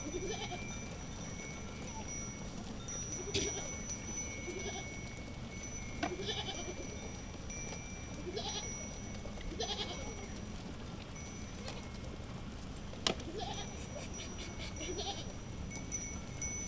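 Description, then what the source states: Goat bleating repeatedly, short shaky nasal cries scattered throughout, with occasional sharp knocks and a constant low background rumble. Goats herded by a shepherd along the Douro River at a river beach in Pocinho, Portugal; part of a Douro River sound map.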